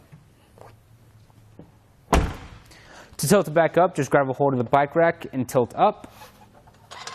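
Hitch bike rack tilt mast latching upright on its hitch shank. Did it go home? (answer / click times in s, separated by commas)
no / none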